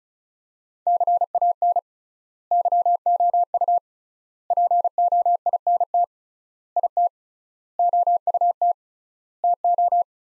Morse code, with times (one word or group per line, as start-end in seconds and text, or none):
0.9-1.8 CAN
2.5-3.8 YOU
4.5-6.0 POINT
6.8-7.1 IT
7.8-8.7 OUT
9.4-10.0 TO